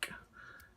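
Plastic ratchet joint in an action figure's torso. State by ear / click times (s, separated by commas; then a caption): seated / 0.0 s. The plastic waist/torso ratchet joint of a Marvel Legends Forge action figure from the 2019 Caliban Wave is bent all the way back. A sharp, bright click sounds at 0.0 s, followed by a faint, thin ringing tone and quiet background noise. The joint clicks into its locked position.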